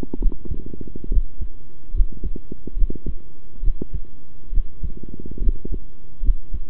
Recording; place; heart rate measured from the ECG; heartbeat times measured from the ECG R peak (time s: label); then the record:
heart sounds by stethoscope; between the tricuspid and mitral areas; 70 bpm
0.20 s: heartbeat
1.10 s: heartbeat
1.93 s: heartbeat
2.76 s: heartbeat
3.62 s: heartbeat
4.52 s: heartbeat
5.40 s: heartbeat
6.22 s: heartbeat
From the record:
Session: rest, sitting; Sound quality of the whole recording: good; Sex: male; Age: 23 years